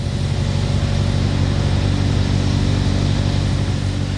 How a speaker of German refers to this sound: Ortsbestimmung. Eine Baustelle. Doch Baustellen hören sich überall nahezu gleich an. Das erschwert die Identifikation. Von Memphis allerdings werden Sie irgendwann mal gehört haben. Von Memphis, Tennessee.